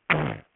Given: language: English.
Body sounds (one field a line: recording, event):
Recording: throat vibration sensor signal played as sound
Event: throat clearing